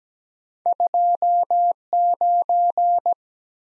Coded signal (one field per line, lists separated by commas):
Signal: Morse code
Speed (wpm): 17 wpm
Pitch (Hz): 700 Hz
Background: none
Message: 2 9